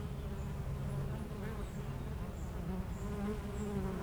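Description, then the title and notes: Honey bee: dense low buzzing of honey bees, several bees humming at slightly different pitches, with short high bird chirps repeating in the background. Between two hives of an apiary garden in Aix-les-Bains, France; bees foraging, making constant trips to flowers; some birds in the neighbouring wood. "41 Chem. de Memard, 73100 Aix-les-Bains, France - Les abeilles. Entre deux ruches du rucher du jardin vagabond à Aix-les-bains les abeilles sont en pleine collecte et font d'incessants aller retour vers les fleurs, quelques oiseaux dans le bois voisin"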